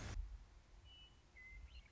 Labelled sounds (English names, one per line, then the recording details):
Western Meadowlark
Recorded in Sonoma County, California